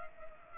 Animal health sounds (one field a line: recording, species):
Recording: mosquito wingbeat signal from an infrared sensor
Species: Culex pipiens